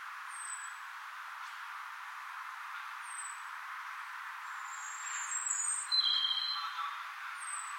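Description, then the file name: European robin giving thin, very high, short calls spaced a few seconds apart, with a brief twittering phrase in the second half, over a steady background hiss. "Erithacus rubecula"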